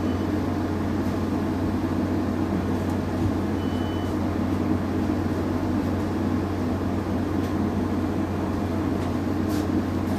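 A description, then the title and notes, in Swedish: A bus ride: a steady, dense engine drone with a strong low hum runs unchanged for the whole stretch. A few faint ticks and rattles come through now and then, and a brief thin tone sounds just before the four-second mark. Lyssna in Min Bussresa - Lunchtid klockan 11:29.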